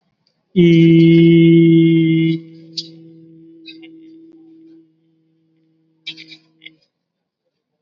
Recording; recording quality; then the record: sustained vowel as in beet; excellent, no background noise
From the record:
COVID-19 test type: RT-PCR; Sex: male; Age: 19 years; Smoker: no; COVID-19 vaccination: both doses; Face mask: worn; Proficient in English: yes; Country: India